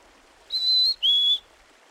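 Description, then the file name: Black-capped chickadee whistled song: a clear, steady high note followed after a brief gap by a slightly lower pure whistle, the two-note fee-bee phrase, sung once. "Dan Gibson's - Nature Trails(1991) - 04.Black-Capped Chickadee"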